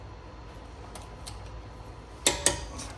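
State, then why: Torque reached. A click-type torque wrench tightens the next lug nut on a Tesla wheel over a steady low background hum, with a faint tick near 1.0 s. The wrench gives two sharp metallic clicks at 2.3 s and 2.5 s, confirming the lug nut has reached the torque setting.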